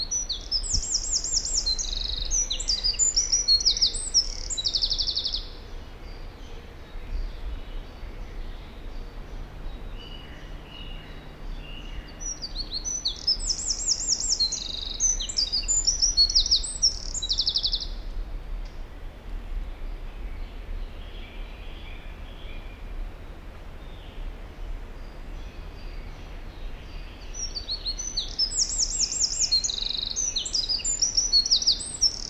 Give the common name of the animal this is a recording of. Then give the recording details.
Eurasian Wren. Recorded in the wild. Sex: male. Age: adult. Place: Krakow am See, Mecklenburg-Vorpommern, DE. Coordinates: 53.6533, 12.2983. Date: 2004-05-15. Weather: overcast, 10°C, moderate to strong winds. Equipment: Tascam DA-P1, Sennheiser MKH 70, Windkorb. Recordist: Frommolt, Karl-Heinz. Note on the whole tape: Nähe Großer Schwerin, Pappelbestand: Gesang. Tier nicht gesehen. Entfernung ca. 20 m